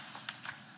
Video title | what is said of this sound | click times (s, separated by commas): Hướng dẫn lắp 2 ổ cứng ssd hdd cho máy tính laptop - Cách lắp thêm ổ cứng cho laptop bằng caddy bay | đấy nó vào ăn khớp cho ăn khớp ăn khớp rồi | 0.3 s